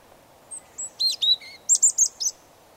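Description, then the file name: European robin singing a short phrase of high, thin, sibilant notes, a few spaced tones followed by a quicker burst of four bright twitters. "Erithacus rubecula"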